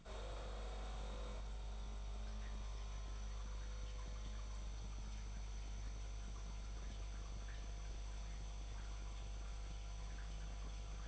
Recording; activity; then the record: daily activity, microphone in the room; make coffee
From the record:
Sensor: 5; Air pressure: 1002.1 hPa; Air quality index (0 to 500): 220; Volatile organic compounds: 26 ppm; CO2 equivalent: 2862 ppm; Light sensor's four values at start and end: 10/24/10/11 and 10/24/10/11